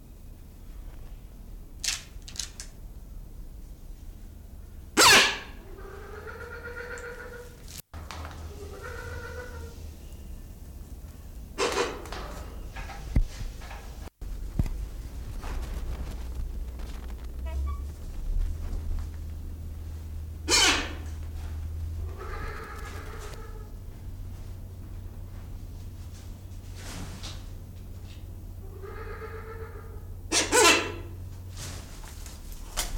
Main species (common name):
Silvery-cheeked Hornbill